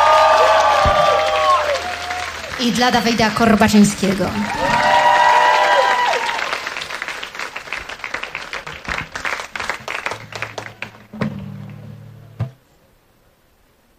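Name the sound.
audience applause and cheering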